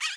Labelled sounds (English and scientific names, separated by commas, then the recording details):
Brown-throated Parakeet (Eupsittula pertinax) contact call
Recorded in Bonaire
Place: just S of turnoff to Cai, near Lac Bay
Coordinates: 12.126, -68.239